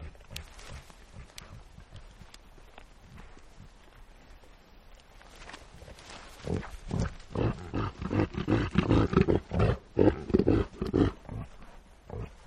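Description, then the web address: Reindeer: faint scattered grunts at first, then reindeer grunting swells into a loud, fast run of deep, rough pulses. "el sonido del grunido de los renos"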